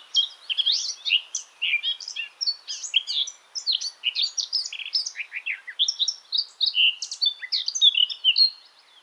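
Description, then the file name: Eurasian blackcap singing a dense, hurried warble of scratchy and whistled notes, jumping in pitch, with hardly a pause throughout. "Sylvia atricapilla"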